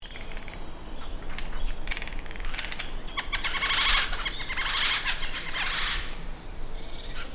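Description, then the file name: Eurasian jay uttering rough, grating screeches that run into one another over several seconds, amid scattered clicks and faint high bird notes. "Garrulus glandarius"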